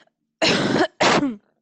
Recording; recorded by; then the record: voluntary cough; messaging app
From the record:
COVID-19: negative